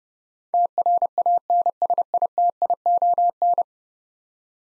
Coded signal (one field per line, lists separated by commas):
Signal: Morse code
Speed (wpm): 30 wpm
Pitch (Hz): 700 Hz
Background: none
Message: TRANSITION